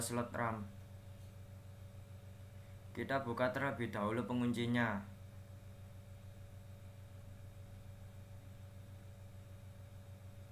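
A RAM module is lined up with a motherboard memory slot after the slot's plastic retaining latches are opened, ready to be pushed home. Someone talks briefly near the start and again from about 3.0 to 5.0 seconds over a steady low hum. Nothing has seated or clicked yet.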